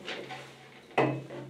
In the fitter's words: take a quick link plier and push it until you heard it click because